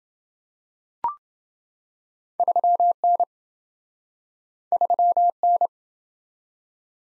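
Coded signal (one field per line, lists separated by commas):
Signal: Morse code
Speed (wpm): 27 wpm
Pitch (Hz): 700 Hz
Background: none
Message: 3N 3N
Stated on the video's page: Morse practice drill of two letter-number combinations, starting fast and slowing to a 20 wpm base, with a final repeat at maximum speed.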